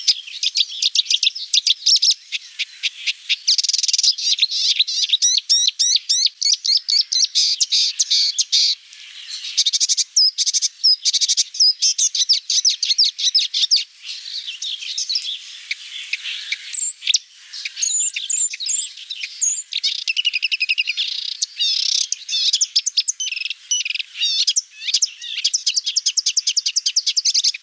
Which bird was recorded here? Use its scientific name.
Acrocephalus palustris